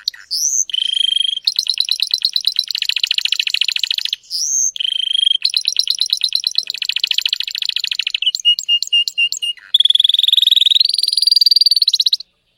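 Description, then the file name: Spanish Timbrado canary song: long, fast rolling trills of high metallic notes, broken by brief whistled slides and a run of clipped pulses, then a louder buzzing trill at the end. "canto do canario belga timbrado espanhol"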